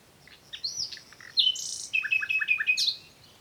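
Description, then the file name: Common nightingale song: varied whistles, then a loud rapid run of repeated sharp chirping notes, ending with a bright high whistle. "Luscinia megarhynchos"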